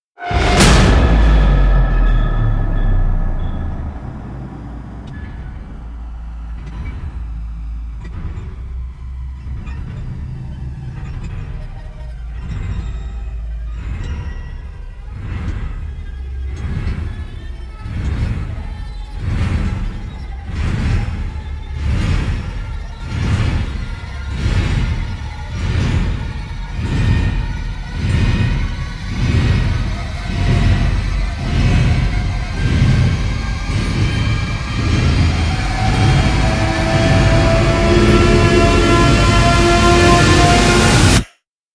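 A mechanical, train-like sound builds into a menacing riser over about forty seconds. Regular rhythmic chugs, roughly one per second, ride over a heavy low rumble, while a hissing top layer grows steadily brighter and louder. It cuts off sharply at the end.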